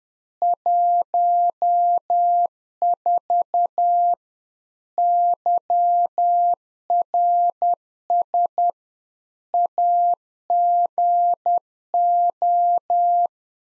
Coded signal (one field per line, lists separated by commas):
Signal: Morse code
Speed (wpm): 10 wpm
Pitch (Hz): 700 Hz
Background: none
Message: 14 YRS AGO